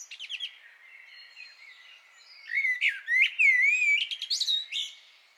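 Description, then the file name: Common blackbird song: a few clicky notes, then a pause before a rich fluted, slurred phrase that ends in a rapid high-pitched twitter. "Turdus merula"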